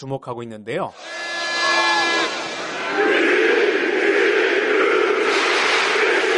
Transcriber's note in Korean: 녹취: 축구경기 현장음